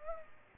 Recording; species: mosquito wingbeat signal from an infrared sensor; Culex pipiens